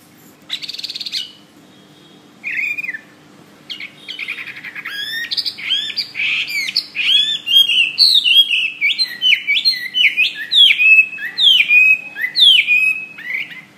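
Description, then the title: Bird song starting with a few scattered notes and pauses, then a long rapid run of varied chirps and slurred whistles to the end. "SuaraBurung Kicau"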